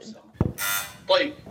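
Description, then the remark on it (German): A doorbell rings once as a harsh, buzzing electric tone lasting about half a second, preceded by a dull thump and followed by a short voice-like sound. “Und dann klingelt es bei Sophie an der Tür.”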